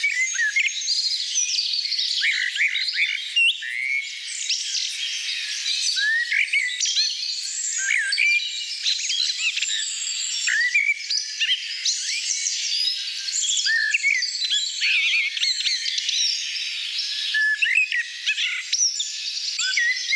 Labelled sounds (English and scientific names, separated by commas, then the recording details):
Common Blackbird (Turdus merula) song
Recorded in the wild
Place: Lilienhof / Kaiserstuhl, Baden-Württemberg, DE
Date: 1989-04-16
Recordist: Schwarz, Dieter
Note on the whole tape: Song